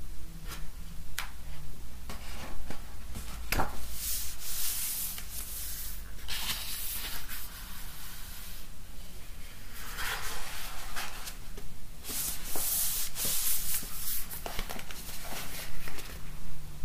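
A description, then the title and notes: Pages of a book are rubbed, flattened and flipped, giving a continuous dry scraping and brushing sound. Short taps and sharper swishes punctuate it every second or two, with brighter, louder flips around 4–5, 10–11 and 12–14 seconds. This episode features an ASMR flip-through of a coffee-table book on living in Japan, with ASMR page-tapping, page-rubbing/flattening & page-flipping. Then progress to silently flipping through the pages of the book.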